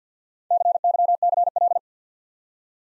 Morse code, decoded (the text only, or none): CYCL